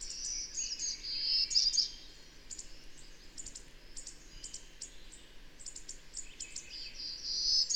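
Bird song with bright twittering phrases at the start and end, broken up by quick high chirps in between, over a faint background hiss.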